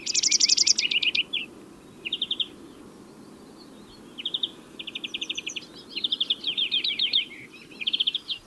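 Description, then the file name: European greenfinch giving a series of rapid, high, buzzy trills and twittering bursts with short pauses between them, over a steady low background hum. "Chloris chloris"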